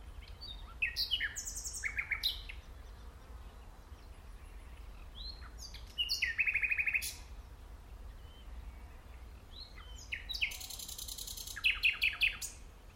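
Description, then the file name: Common nightingale song in three phrases, each mixing sharp chirps with fast rattling runs of repeated notes, spaced by quiet gaps. "Luscinia megarhynchos"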